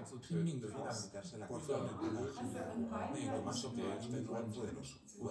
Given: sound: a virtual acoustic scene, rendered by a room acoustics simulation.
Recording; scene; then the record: noise of the scene; living room, symmetric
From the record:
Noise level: 70 dB SPL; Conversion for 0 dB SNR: 6.9 dB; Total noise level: 76.9 dB SPL